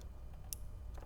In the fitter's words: you just take your resistor and this small plug go ahead and plug them in again until you hear the click